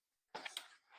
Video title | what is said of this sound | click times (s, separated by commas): Unboxing of Trickster Trio from Home Depot | There we go. Click. Heard the click. | 0.4 s